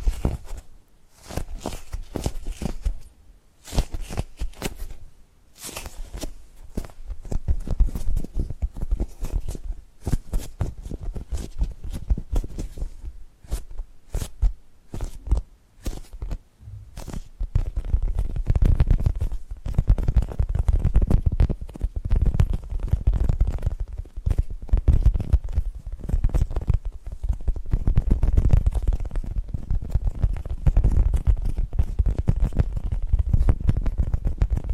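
Tapping and gripping sounds in dense, irregular bursts of soft clicks and rubbing, with a deeper, fuller rumbling texture after about seventeen seconds.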